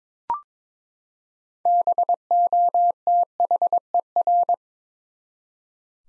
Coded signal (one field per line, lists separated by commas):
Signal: Morse code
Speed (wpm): 22 wpm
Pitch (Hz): 700 Hz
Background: none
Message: BOTHER